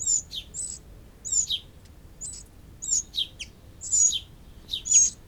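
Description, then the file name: Eurasian wren calls: short, high, scratchy double notes given roughly once a second in uneven bursts over a quiet background. "Troglodytes troglodytes"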